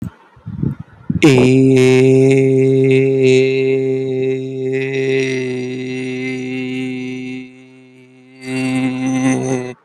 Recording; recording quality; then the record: sustained vowel as in made; excellent, no background noise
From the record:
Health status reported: healthy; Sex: male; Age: 23 years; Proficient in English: yes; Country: India